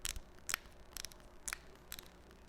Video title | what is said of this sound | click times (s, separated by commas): Babyliss Influencer Edition Review - White Fx Red Fx Black Fx - $600 Invested or wasted?? | thing about that is when it clicks it actually locks in place so they both do | 0.0 s, 0.5 s, 1.0 s, 1.5 s